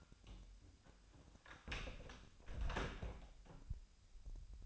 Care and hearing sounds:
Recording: daily activity, microphone in the room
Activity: close door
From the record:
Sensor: 2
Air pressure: 1007.0 hPa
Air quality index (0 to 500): 196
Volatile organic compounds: 13 ppm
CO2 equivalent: 2403 ppm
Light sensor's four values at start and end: 10/23/10/10 and 9/23/9/10

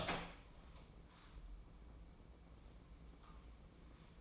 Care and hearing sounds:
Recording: daily activity, microphone in the room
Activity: open door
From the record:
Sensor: 1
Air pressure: 1012.4 hPa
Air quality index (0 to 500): 167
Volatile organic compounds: 3 ppm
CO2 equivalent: 1369 ppm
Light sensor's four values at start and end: 563/1302/579/686 and 556/1285/572/677

